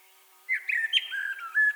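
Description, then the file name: Common blackbird fluting a short, mellow warble of slurred whistled notes that dip and rise. "Turdus merula"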